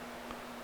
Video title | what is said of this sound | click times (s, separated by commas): 2007 Honda Odyssey hatch Struts Replacement | so see I finally got the clip in the right direction and it just pops right in there no | 0.3 s